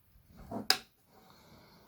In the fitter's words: so as you can see it clicked into place and